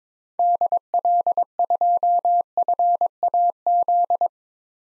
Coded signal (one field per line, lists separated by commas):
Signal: Morse code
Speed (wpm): 22 wpm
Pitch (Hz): 700 Hz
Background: none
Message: DL2FAZ